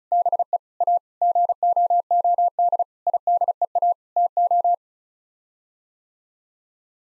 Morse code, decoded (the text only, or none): BE A GOOD IDEA TO